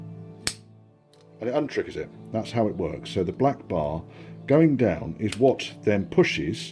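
The release button on a disassembled seat belt buckle, part of a 1990 Range Rover 2-door project, is pushed, and the trigger mechanism releases with a loud, sharp click at 0.5 s. After a brief quiet moment, someone talks over a steady low hum.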